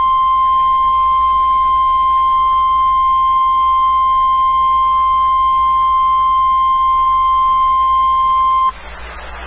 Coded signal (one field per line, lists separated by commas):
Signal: Emergency Alert System (SAME) tones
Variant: 1050 Hz attention tone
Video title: Required Weekly Test, KIG98 Portland (EAS #16) 7-9-14